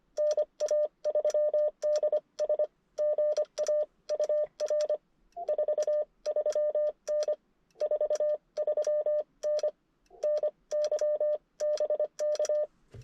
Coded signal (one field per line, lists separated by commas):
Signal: Morse code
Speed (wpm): 25 wpm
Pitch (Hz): 600 Hz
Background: none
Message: NA3DS GA UR 43N 43N NY BK